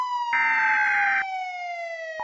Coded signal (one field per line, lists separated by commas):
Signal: Emergency Alert System (SAME) tones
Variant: header bursts